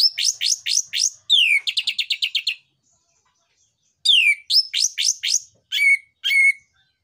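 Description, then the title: Orange-headed thrush song of quick repeated downslurred whistles in tight series, a pause of silence, then more repeated phrases ending in two separate notes. Lure and tutoring recording of an energetic singing orange-headed thrush with dense song material, meant for tutoring juvenile orange-headed thrushes. "PANCINGAN Anis Merah Gacor Materi Isian Rapat Cocok Untuk MASTERAN Anis Merah TROTOL"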